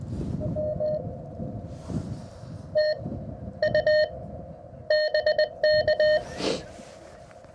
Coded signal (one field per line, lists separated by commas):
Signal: Morse code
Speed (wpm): 20 wpm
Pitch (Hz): 610 Hz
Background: none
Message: M TU BK